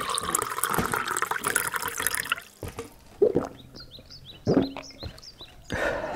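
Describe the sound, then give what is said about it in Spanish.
Water pours in a steady gurgling rush for a couple of seconds, then stops; a few soft clinks and drips follow, with a rising, brightening tone like liquid filling a glass. “Toma un poco de agua.”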